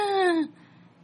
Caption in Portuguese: A asma, ela é uma doença crônica, né? Ela tem a característica aí de que há uma obstrução dos bronquíolos. A gente vai ter uma produção de muco nessa região, e essa produção vai fazer com que os sintomas da asma apareçam, como, por exemplo, o sibilo, que é um som parecido com esse como se fosse um piado.